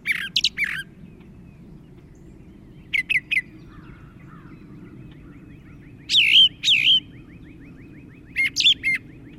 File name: suara-kicauan-brown-thrasher 5-omkicau